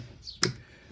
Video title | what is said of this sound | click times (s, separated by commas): Jeep Patriot / Compass Door Lock Replacement - Central Locking | this one slides down that one slides along there here at latch here latch in | 0.4 s